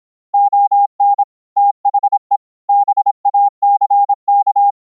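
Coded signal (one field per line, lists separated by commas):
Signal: Morse code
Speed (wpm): 26 wpm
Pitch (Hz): 810 Hz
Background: none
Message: ON THE BACK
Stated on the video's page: CW sent over IP on Mumble (Opus codec) as Gaussian noise notes instead of sine wave, from a MIDI CW keyer and regenerated on receive.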